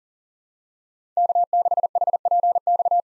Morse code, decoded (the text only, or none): K6HPX